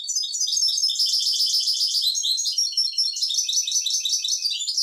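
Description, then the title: European goldfinch song: an unbroken stream of fast, tinkling, slightly buzzy high notes running throughout, varied in pitch and texture. "Chant Chardonneret"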